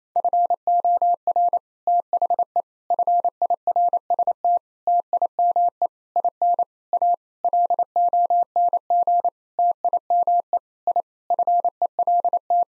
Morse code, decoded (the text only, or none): FOR THE FIRST TIME IN A LONG TIME I FELT